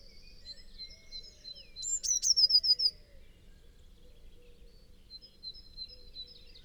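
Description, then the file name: Eurasian blue tit song, one high descending trill of about seven notes after sharp lead-in clicks, amid faint background birdsong and light noise. "Cyanistes caeruleus"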